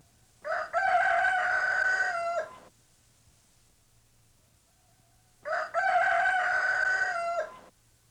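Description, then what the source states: Chicken: rooster crowing: two loud, harsh crows of about two seconds each, the second starting roughly five seconds after the first, with a low steady hum underneath. Rooster (male) crowing.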